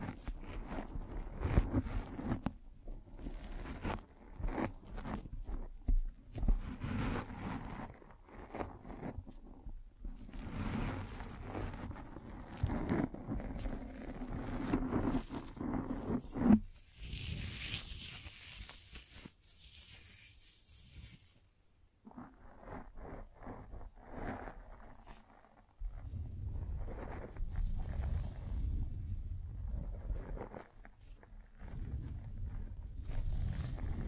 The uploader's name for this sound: Mic Brushing and Scratching